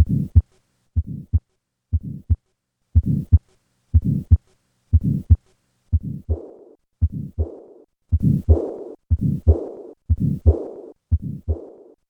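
Heart by stethoscope in an adult with repaired tetralogy of Fallot, at about 61 beats per minute. A systolic murmur of subpulmonic stenosis combines with a diastolic murmur of pulmonic insufficiency.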